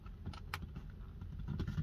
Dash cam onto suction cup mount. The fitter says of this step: align the notch with the bottom part right here and you just lock it into place